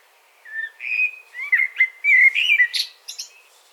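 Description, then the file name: Common blackbird singing a mellow, fluted warble of low whistled notes that climbs at the end into a few thin, squeaky high notes. "Turdus merula"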